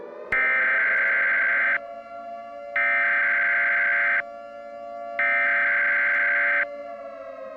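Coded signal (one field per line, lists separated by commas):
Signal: Emergency Alert System (SAME) tones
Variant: header bursts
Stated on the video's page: EAS scenario, a fictional nuclear supervolcano alert.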